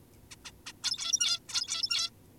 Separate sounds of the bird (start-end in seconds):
0.31-0.36, 0.45-0.52, 0.66-0.73, 0.83-1.40, 1.49-2.10